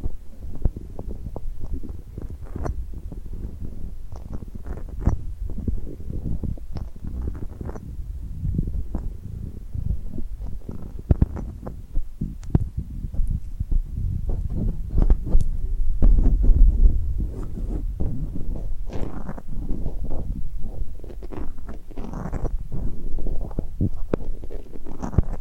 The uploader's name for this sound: Tingly Glued Hand Sounds